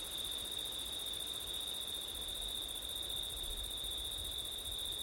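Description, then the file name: Crickets giving a constant high trill, joined by a pulsing higher chorus, with light wind noise in the background. Crickets recorded on a September night with wind. "crickets wind september night ortif"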